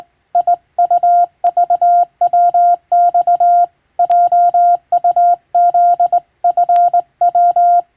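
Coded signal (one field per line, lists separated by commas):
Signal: Morse code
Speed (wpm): 21 wpm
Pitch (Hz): 700 Hz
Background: none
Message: IUVWX JUZFW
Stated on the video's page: Morse code reception practice recalling ship-to-coast-station radiotelegraph traffic, using a telegram sending practice book.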